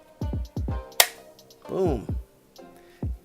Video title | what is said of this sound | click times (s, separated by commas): STAYREADYGEAR Holsters - Unboxing / First Impressions (& CZ P-10c) | you can see boom | 1.0 s